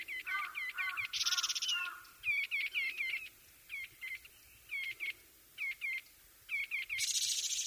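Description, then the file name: Taiwan barwing calls: many short, sharp chirps in irregular bunches, with two harsh buzzy rattles breaking in, one early and one at the end. "紋翼畫眉"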